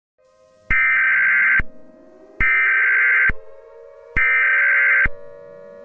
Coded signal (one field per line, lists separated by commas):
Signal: Emergency Alert System (SAME) tones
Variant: header bursts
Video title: The Halloween Entities (EAS Scenario) Part 1